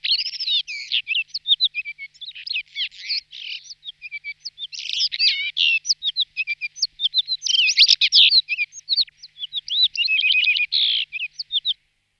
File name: Skalnik modry Monticola solitarius